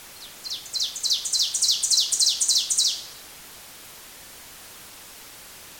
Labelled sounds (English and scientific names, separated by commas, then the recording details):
Ovenbird (Seiurus aurocapilla) song
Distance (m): 5 m
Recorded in boreal forest in Alberta, Canada, on 27 June 2016 at 05:46
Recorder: SongMeter 3, array SBT-6-79
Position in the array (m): 283 m, 40 m
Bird 39